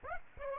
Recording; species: mosquito wingbeat signal from an infrared sensor; Aedes aegypti